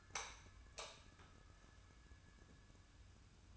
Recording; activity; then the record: daily activity, microphone in the room; light off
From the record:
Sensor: 2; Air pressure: 994.3 hPa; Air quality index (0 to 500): 216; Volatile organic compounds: 1000 ppm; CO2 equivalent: 7173 ppm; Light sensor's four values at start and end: 147/356/150/156 and 142/339/144/149